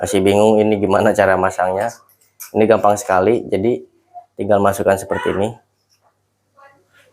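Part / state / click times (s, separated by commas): plastic guide comb onto hair clipper / not seated / none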